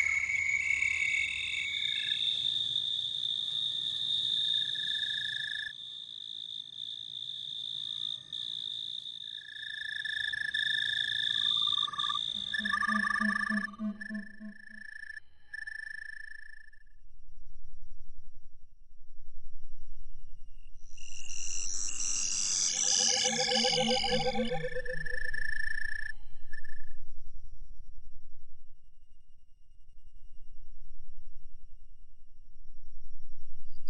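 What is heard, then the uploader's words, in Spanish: Space-like crickets: steady high, thin tones hold through the first half, with brighter chirping bands and a low pulsing tone near 13 seconds. After a near-silent gap, a dense burst of sweeping, descending tones rises around 21–26 seconds, then fades to a soft low rumble. Armosfera grillos espaciales.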